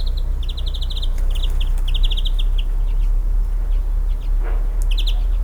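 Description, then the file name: European greenfinch call series, quick trilled chirps repeated in runs during the first three seconds and again near the end, with constant low background rumble. "Chloris chloris"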